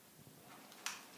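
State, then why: Seated. A child pushes a plastic part into a plastic toy web shooter. There is a soft rustle, a faint tap at 0.7 s, then a short, sharp click at 0.9 s as the part seats fully.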